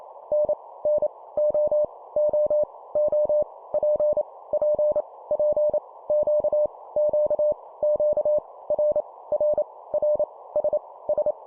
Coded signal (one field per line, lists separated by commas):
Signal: Morse code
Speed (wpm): 28 wpm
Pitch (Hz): 600 Hz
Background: none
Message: N N O O O P P P Q Q Q R R R S S